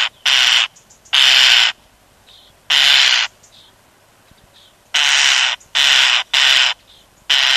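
European starling repeating grating, hissy screams in uneven bursts, some paired closely together, with short gaps of quiet between them.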